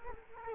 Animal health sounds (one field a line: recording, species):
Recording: mosquito wingbeat signal from an infrared sensor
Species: Culex quinquefasciatus